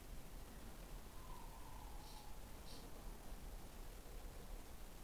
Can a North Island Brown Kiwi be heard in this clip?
no